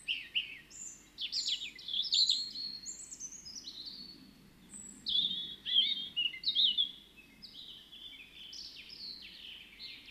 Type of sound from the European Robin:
song